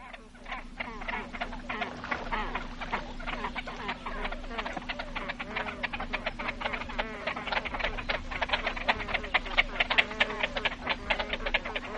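Great crested grebe ticking calls, a dense rapid stream of dry clicks running throughout, with a steady low hum beneath.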